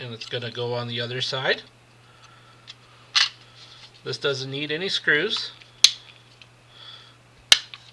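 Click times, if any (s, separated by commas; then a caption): 5.8 s, 7.5 s. An engine-side part of a plastic/diecast Fanhome Eleanor Mustang scale model (pack 21) is pressed by hand onto the car model's chassis without any screws while someone talks. Two sharp snaps ring out at 5.8 s and 7.5 s as the part clicks into place and seats on the chassis.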